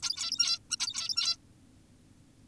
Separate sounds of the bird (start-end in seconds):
0.03-0.59, 0.71-0.76, 0.80-1.37